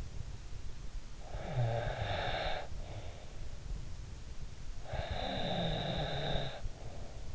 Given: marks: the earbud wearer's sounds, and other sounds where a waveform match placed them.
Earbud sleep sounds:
sounds in sleep by an in-ear microphone; snoring breath
0.87-3.21 s: snoring breath
4.38-7.35 s: snoring breath

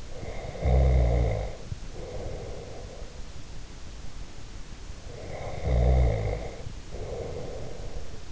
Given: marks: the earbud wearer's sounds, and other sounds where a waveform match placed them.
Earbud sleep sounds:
sounds in sleep by an in-ear microphone; snoring breath
0.12-3.32 s: snoring breath
5.06-8.32 s: snoring breath

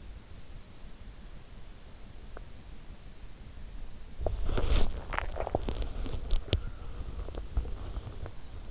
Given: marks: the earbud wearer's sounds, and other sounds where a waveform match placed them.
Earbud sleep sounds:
sounds in sleep by an in-ear microphone; teeth grinding, body movement, swallowing
2.09-2.67 s: teeth grinding
3.97-6.65 s: body movement
5.00-6.06 s: swallowing
6.75-8.71 s: teeth grinding

